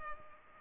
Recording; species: mosquito wingbeat signal from an infrared sensor; Culex pipiens